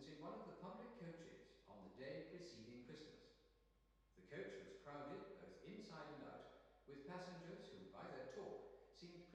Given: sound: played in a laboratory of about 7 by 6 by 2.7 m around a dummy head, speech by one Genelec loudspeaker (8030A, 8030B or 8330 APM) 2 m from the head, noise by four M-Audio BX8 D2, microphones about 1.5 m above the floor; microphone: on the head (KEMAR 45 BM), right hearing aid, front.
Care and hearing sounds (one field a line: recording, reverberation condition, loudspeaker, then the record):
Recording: male speech in English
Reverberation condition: high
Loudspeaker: 150 degrees to the left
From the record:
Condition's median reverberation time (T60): about 1300 ms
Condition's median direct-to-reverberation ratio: about -4.0 dB